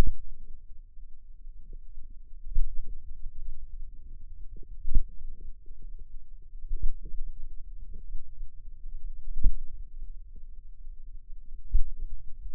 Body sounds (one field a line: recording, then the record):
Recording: forearm muscle sounds (acoustic myography)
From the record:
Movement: finger pinch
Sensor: system 2, bracelet of six BSWA MPA416 microphones around the upper forearm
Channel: 2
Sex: female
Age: 22 years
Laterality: right